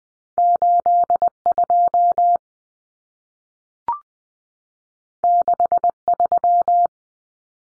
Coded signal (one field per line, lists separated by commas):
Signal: Morse code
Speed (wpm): 20 wpm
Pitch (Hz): 700 Hz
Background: none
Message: 82 63